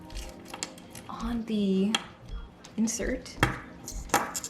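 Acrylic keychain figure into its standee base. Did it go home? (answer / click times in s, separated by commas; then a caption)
yes / 4.1 s. Someone talks while an acrylic keychain figure is pushed into the slot of its acrylic stand insert, with light plastic taps and handling sounds throughout. A sharp click at 4.1 s marks the figure seating in its standee base, so it now stands up on its own.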